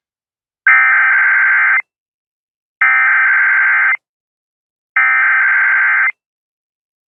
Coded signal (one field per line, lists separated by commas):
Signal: Emergency Alert System (SAME) tones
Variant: header bursts